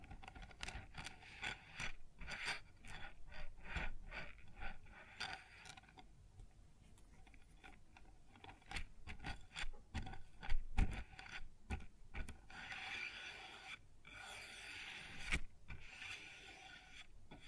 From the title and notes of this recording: ASMR Sounds on Wooden Surface (No Talking).